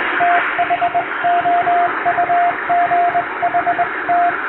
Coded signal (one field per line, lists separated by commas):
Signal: Morse code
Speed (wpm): 22 wpm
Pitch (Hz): 700 Hz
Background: radio noise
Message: THOUGHT